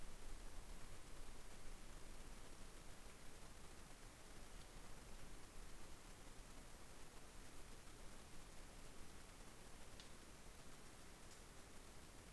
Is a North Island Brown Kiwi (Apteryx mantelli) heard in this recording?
no